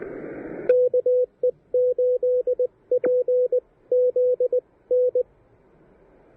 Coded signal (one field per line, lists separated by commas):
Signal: Morse code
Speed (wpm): 19 wpm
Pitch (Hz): 500 Hz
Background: radio noise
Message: KE8PZN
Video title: Pairing the Elecraft KH1 and an End-Fed Half-Wave for QRP POTA at Pisgah National Forest!